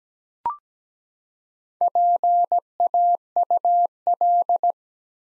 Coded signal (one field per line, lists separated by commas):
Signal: Morse code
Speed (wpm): 17 wpm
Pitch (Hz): 700 Hz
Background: none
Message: PAUL